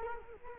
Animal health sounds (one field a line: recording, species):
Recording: mosquito wingbeat signal from an infrared sensor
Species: Culex quinquefasciatus